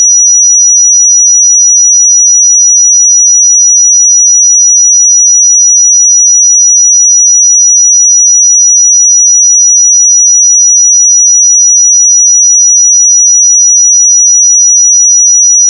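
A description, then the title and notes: A pure 5847 Hz sine tone holds perfectly steady and high-pitched for the whole sixteen seconds, unchanging in loudness, with complete silence beneath it. 5847 Hz 1 Hz Interval Sine Pure Tone Frequency 441000 Sample Mono.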